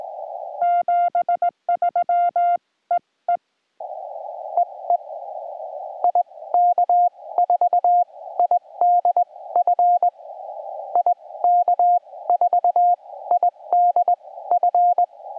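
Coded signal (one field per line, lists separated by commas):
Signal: Morse code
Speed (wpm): 19 wpm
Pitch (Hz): 710 Hz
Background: music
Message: 73 E E EE IK4IDF IK4IDF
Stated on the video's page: CW POTA park activation with an FT-891 and linked dipole, working a North America DX pile-up, with fading.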